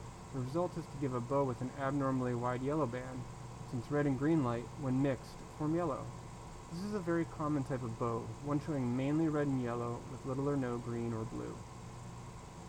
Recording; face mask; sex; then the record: reading aloud; surgical mask; male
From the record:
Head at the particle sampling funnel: turned sideways, cheek in front of it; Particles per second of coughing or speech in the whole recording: 0.365